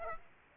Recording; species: mosquito wingbeat signal from an infrared sensor; Aedes aegypti